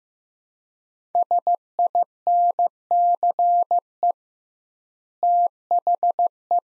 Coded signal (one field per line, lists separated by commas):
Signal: Morse code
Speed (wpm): 15 wpm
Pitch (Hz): 700 Hz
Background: none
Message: SINCE THE